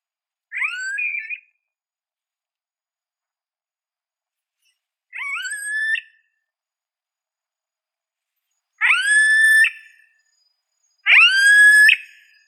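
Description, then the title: Yellow-headed caracara screams, four harsh upslurred cries, the later ones louder, with silent gaps between them. "Carrapateiro"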